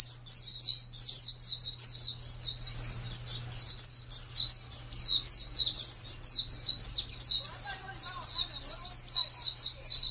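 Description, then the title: White-eye pouring out fast, high chirping song continuously, while a faint lower twitter shows near the end and a low hum persists. "Pleci suara"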